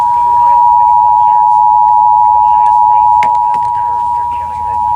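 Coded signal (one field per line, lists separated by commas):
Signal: Emergency Alert System (SAME) tones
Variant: 853 and 960 Hz attention tone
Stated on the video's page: Flash flood warning EAS alert received on TV in Indiana.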